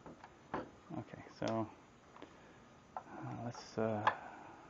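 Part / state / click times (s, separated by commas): router motor into plunge base / not seated / none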